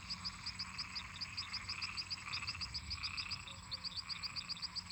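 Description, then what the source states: Frogs and toads: frog chorus: rapid high, clicky notes repeated several times a second over a steady lower trilling drone of many calling frogs. Many toads and frogs calling together in a marsh.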